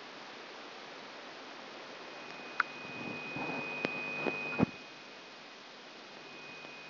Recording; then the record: brain microelectrode recording played as sound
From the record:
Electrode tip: outside the subthalamic nucleus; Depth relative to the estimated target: 4 mm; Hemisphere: left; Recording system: AlphaMap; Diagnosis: Parkinson's disease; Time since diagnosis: 10 years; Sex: female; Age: 63 years